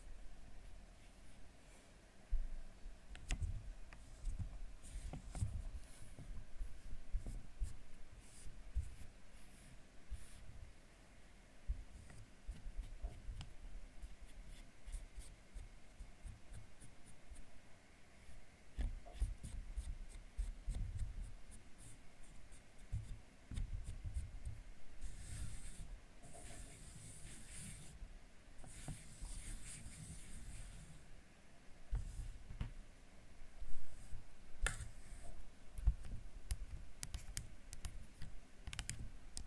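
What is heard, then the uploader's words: Tapping on a camera, a string of light, irregular taps and clicks running through the whole stretch over a dull low rumble of handling. Around the middle-late part, brief bright scratchy rubs appear, and a few sharper knocks stand out near the end. ASMR Camera Tapping.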